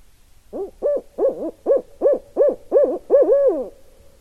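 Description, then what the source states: Barred owl giving a rapid series of rhythmic, rising-and-falling hoots, building toward a drawn-out final note, with quiet background. Recorded 2012-11-16.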